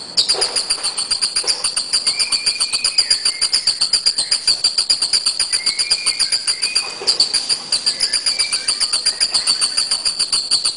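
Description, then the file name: Bird song of unbroken rapid high pulses, roughly four each second, with short level whistles dotted through at lower pitch. "burungrio"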